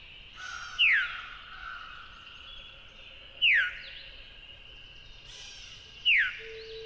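Veery calls: a loud, clear downslurred 'veer' note repeated three times about every two and a half seconds, with faint twittering of other birds behind.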